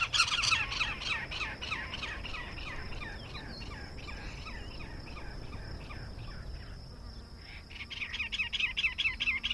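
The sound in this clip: Bird calls: a rapid run of harsh squawking notes, fading midway and then returning louder near the end, with a thin steady high tone behind.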